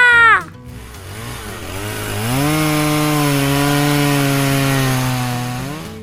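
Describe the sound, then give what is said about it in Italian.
A tree being felled with a power saw: after a brief sound and a moment's lull, a motor whines up into a loud, steady buzzing drone that holds for several seconds before easing off. “Oh no, hanno abbattuto quell'albero che era il preferito dal nonno Giorgio.”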